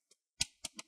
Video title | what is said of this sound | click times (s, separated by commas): HP Pavilion 15 BS Series 📢 M.2 SSD UPGRADE | And all you need to do is twist it towards the outside and you want to hear those clicks. | 0.4 s, 0.6 s, 0.8 s